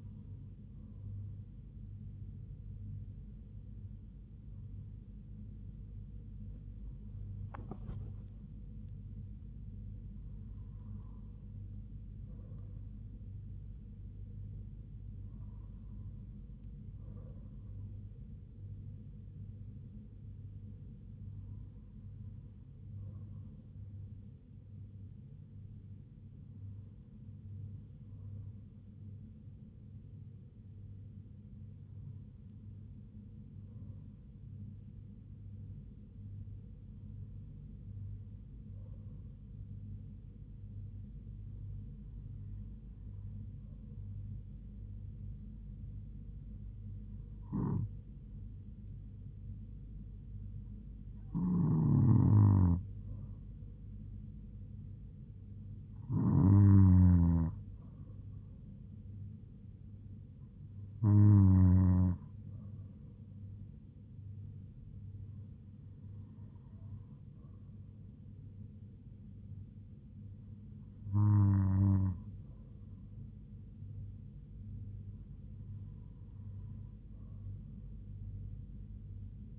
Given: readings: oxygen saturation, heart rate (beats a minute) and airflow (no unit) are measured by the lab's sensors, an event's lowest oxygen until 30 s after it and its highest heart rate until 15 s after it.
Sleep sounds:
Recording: breathing in sleep by a smartphone at the bedside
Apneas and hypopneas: none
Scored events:
none scored
From the record:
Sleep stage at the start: N2 (light sleep)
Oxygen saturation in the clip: 96 to 97%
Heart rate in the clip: 65 to 80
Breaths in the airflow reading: 17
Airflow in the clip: -4.5 to 3.6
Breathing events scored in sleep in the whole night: 158 in 7.3 hours asleep

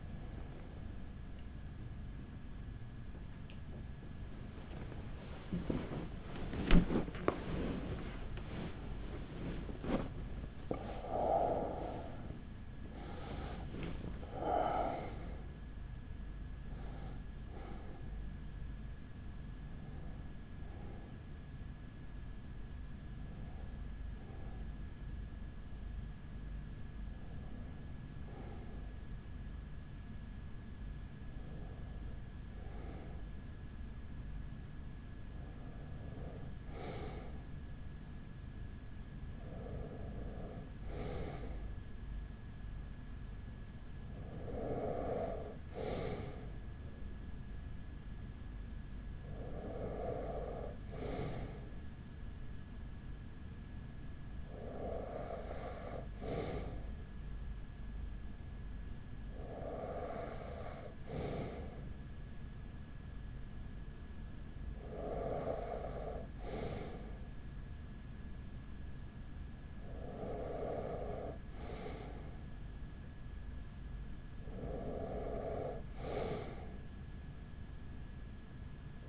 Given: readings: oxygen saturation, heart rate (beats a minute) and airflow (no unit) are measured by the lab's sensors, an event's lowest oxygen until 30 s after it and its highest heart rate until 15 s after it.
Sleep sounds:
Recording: breathing in sleep by a smartphone at the bedside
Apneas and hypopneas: 1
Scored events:
2.00-28.00 s: awake
18.00-49.40 s: hypopnea (scored as awake, oxygen 97% highest, then 94% lowest, heart rate 72 at the start, 75 highest)
25.00-79.09 s: new sleep stage, N1 (lightest sleep)
From the record:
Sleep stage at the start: awake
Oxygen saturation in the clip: 94 to 97%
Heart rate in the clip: 41 to 75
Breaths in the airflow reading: 17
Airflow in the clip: -7.0 to 9.5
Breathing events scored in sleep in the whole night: 207 in 7.6 hours asleep

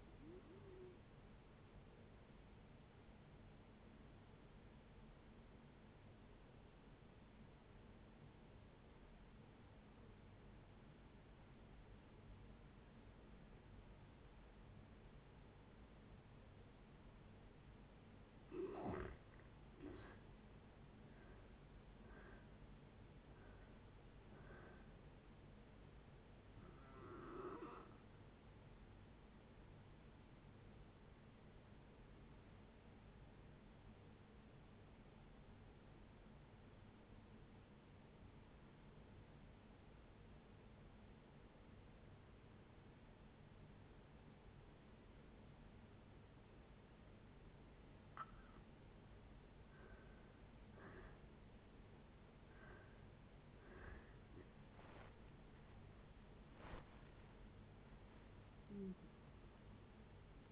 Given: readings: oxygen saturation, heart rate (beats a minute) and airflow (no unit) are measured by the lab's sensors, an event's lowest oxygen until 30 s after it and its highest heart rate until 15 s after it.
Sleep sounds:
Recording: breathing in sleep by a voice recorder at the bedside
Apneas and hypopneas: 2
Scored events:
3.00-18.20 s: obstructive apnea (N2, oxygen 96% highest, then 81% lowest, heart rate 58 at the start, 73 highest)
21.00-60.52 s: new sleep stage, N1 (lightest sleep)
32.00-50.40 s: obstructive apnea (N1, oxygen 95% highest, then 81% lowest, heart rate 61 at the start, 81 highest)
From the record:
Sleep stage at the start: N2 (light sleep)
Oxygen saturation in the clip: 81 to 96%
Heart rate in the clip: 56 to 81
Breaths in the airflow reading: 10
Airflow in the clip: -13.3 to 16.4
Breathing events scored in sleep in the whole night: 496 in 5.4 hours asleep

